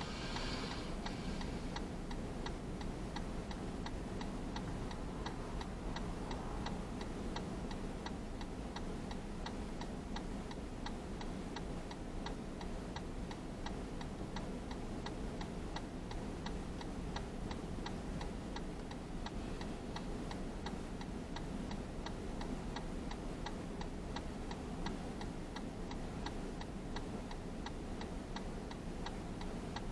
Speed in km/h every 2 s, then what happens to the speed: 0, 0, 0, 0, 0, 0, 0, 0, 0, 0, 0, 0, 0, 0, 0.
0-30 standing.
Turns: none.